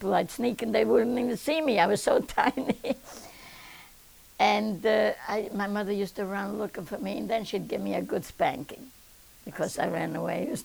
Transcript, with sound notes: I'd sneak in, they wouldn't even see me, I was so tiny. ( she laughs ) And my mother used to run looking for me, and then she'd give me a good spanking because I ran away.